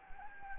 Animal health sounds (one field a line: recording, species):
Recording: mosquito wingbeat signal from an infrared sensor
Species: Anopheles gambiae